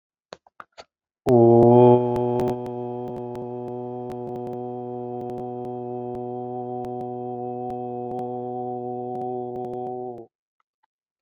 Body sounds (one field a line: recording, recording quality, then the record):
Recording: sustained vowel as in boot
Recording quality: excellent, no background noise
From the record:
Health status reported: exposed to COVID-19, no respiratory illness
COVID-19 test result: negative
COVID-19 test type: RT-PCR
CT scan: taken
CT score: 5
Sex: male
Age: 36 years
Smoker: yes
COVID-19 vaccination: one dose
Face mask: not worn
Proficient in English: yes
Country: India